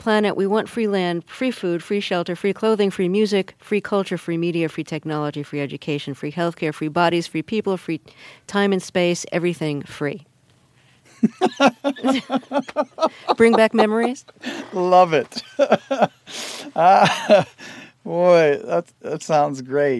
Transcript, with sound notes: We want free land, free food, free shelter, free clothing, free music, free culture, free media, free technology, free education, free health care, free bodies, free people, free time and space, everything free.
(Laughter).
Bring back memories?
Love it. Boy, that sounds great